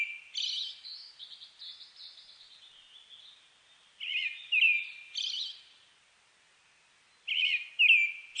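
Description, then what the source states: Brown-headed thrush song phrases: warbled double whistles capped by a high rasping trill, repeated, with a quieter wavering twitter early on. Recorded 29 May 2004.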